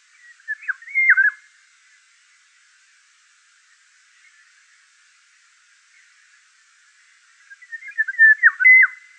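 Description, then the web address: Eurasian golden oriole song: a short fluty, yodelling whistled phrase near the start, a long quiet pause, then a second similar liquid phrase near the end. Song recorded at Wiesloch. "Wiesloch Pirol Gesang"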